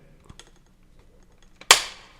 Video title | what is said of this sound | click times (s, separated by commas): Kiwi Design K4 Boost - The Ultimate Battery Head Strap for Meta Quest 3 #KiwiDesign | Yep. Snaps right in place. | 1.7 s